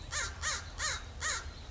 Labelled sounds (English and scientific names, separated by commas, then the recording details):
American Crow (Corvus brachyrhynchos)
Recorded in Sonoma County, California